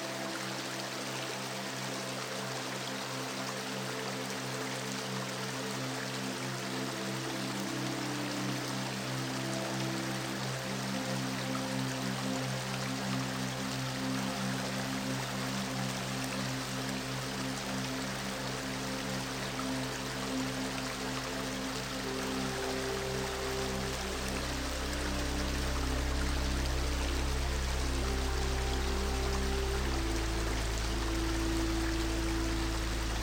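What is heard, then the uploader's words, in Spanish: A river's current rushes steadily and densely throughout, an even wash of water spread across the lows and highs. Soft sustained music tones sit underneath, with a low bass note that shifts and swells louder around 22 and 30 seconds. MÚSICA Relajante con el Sonido de la Corriente de un RÍO. Escucha las ondulaciones naturales del agua mezclarse con melodías suaves.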